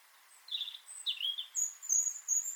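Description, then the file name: European robin giving two high, sliding, slightly scratchy notes, followed by a few thin, very high whistled notes, over a soft background hiss. "Erithacus rubecula"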